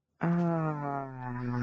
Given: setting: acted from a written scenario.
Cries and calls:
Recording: vocal sound without words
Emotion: sympathy

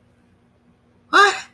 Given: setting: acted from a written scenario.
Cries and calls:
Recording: vocal sound without words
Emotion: negative surprise

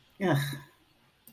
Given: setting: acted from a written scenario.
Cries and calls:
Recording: vocal sound without words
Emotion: contempt

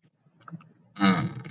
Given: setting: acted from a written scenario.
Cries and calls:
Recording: vocal sound without words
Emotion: neutral

